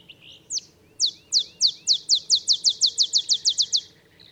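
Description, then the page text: Olive sparrow song: high sharp chips that start widely spaced and speed up into a steady trill, with faint soft notes just before. Male olive sparrow singing early morning in Texas, 50 miles north of the Mexican border; simple songs recall a field sparrow's bouncing-ball song, though less mellow and melancholy. "Birdsong for the Curious Naturalist. Olive sparrow"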